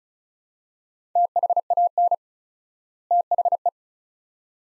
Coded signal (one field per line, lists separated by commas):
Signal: Morse code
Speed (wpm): 36 wpm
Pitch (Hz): 700 Hz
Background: none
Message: THAN THE